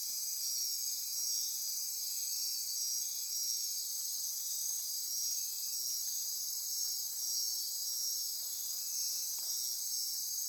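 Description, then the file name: Insect chorus of unbroken high trills and buzzes, layered and steady throughout, with a few faint ticks beneath. Insect chorus at midnight near Corcovado. "Wind-is-the-Original-Radio-Fridays 20240628 Andy-Martin Midnight-Insect-Chorus-Near-Corcovado"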